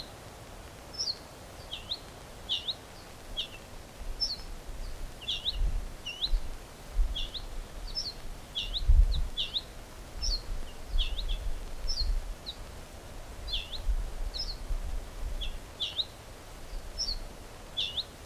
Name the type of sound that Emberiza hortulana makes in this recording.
alarm call